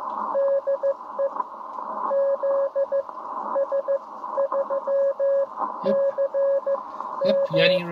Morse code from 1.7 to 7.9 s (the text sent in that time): ZS3CM